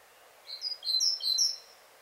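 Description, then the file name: Great tit producing a short burst of several high, clipped notes in quick succession. "Parus major"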